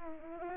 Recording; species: mosquito wingbeat signal from an infrared sensor; Aedes albopictus